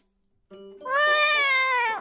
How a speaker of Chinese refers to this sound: 不过好景不长，第二天一早他刚刚赶到宠物医院，才推开门就听见一阵惊天地泣鬼神的长声猫笑。